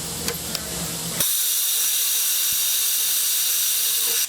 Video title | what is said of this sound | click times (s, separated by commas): FORD MERCURY V6 P0201 OPEN INJECTOR TAKE 2 | Hear it? It went click. | 0.3 s, 0.5 s